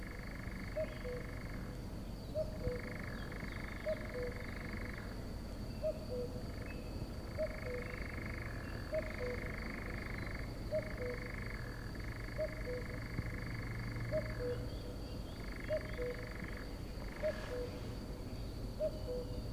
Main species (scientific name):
Caprimulgus europaeus